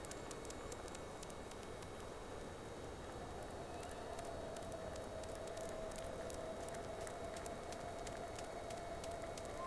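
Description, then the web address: Whale call, a sustained smooth tone held through the second half, heard against steady hiss and crackling clicks. Two whales recorded from the vessel Sea Snake on 3 October 2006 at about 14:02–14:05, second round of recording. "Sea Snake 10-3-06 Whales X 2 14-02 Round 2"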